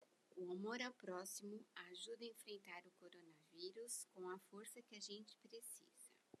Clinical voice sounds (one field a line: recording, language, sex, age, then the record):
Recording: spoken sentence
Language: Brazilian Portuguese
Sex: female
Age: 50 to 59 years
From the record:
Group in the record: control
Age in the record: 55 years